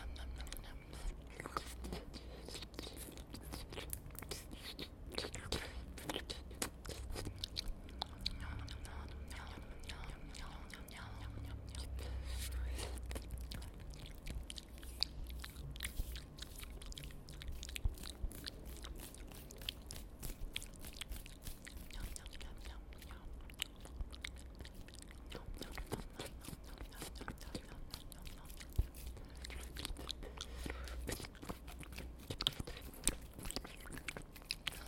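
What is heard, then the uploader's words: Layered mouth sounds and nom noises fill the whole clip, a dense run of wet clicks and smacks firing in quick, irregular bursts. A low, soft rumble sits underneath, swelling around ten to fourteen seconds. ASMR Personal Attention/Hand Movements ( INTENSE Layered noms, mouth sounds).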